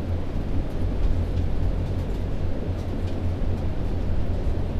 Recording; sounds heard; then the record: poultry house recording; no chicken sound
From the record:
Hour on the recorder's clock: 22